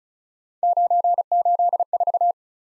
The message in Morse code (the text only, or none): 984